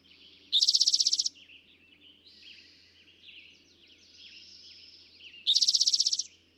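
Eastern towhee singing two bright, buzzy trills about five seconds apart, with faint softer chirps and whistles in between.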